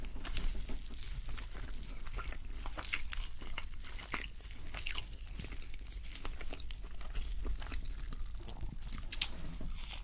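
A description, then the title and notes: Mukbang eating with frequent crisp crunching and biting clicks scattered throughout, bright snaps over a steady low rumble, fairly dense and irregular. Mukbang Feast.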